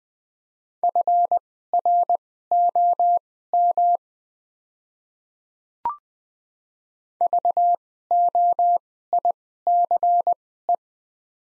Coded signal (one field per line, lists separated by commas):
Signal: Morse code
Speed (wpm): 21 wpm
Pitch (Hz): 700 Hz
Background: none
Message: FROM VOICE